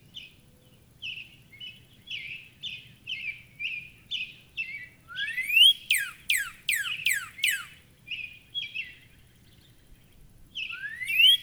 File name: Northern Cardinal